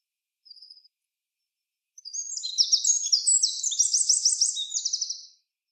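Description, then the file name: Eurasian wren song: a brief high note, then a long, rapid, very high outpouring of warbled phrases and buzzy trills that ends in a fast rattling trill. "Troglodytes troglodytes"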